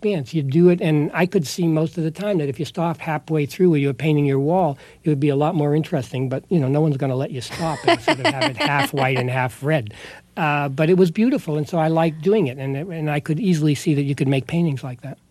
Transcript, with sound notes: You do it, and I could see most of the time that if you stop halfway through, where you were painting your wall, it would be a lot more interesting, but, you know, no one's going to let you stop...
(Laughter).
...And sort of have it half white and half red. But it was beautiful, and so I liked doing it. And I could easily see that you could make paintings like that.